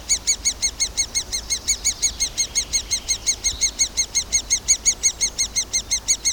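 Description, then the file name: Great spotted woodpecker call series, clear high notes pulsing regularly around three per second with no other sounds standing out. "nagy fakopancs hangja"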